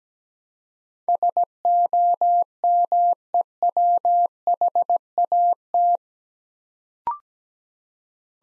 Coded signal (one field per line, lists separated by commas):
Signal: Morse code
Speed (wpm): 17 wpm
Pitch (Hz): 700 Hz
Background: none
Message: SOMEWHAT